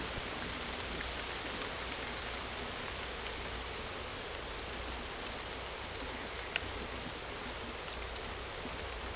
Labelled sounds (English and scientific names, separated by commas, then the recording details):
none
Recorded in secondary vegetation near Puerto Asís, Putumayo, Colombia, on 18 December 2024 at 23:00
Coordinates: 0.468, -76.324
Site G095